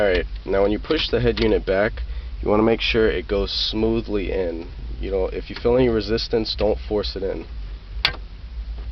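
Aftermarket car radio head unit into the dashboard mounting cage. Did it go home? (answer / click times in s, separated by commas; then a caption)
yes / 8.1 s. An aftermarket car radio head unit is pushed back into the dashboard mounting cage while someone talks. It snaps into place with one sharp click at 8.0 seconds, going in smoothly with no resistance and fully seated.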